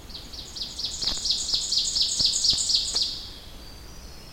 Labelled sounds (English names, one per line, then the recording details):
Ovenbird song
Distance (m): 5 m
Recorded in boreal forest in Alberta, Canada, on 21 June 2016 at 06:16
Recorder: SongMeter 3, array SBT-6-81
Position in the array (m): 6 m, 86 m
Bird 24